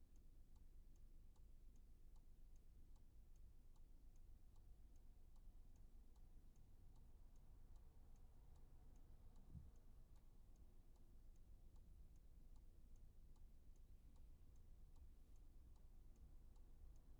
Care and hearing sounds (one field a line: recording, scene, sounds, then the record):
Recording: everyday scene through a hearing-aid microphone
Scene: in a vehicle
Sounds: engine idling, traffic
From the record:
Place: Skoda Fabia, gasoline engine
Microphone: behind the ear, right, rear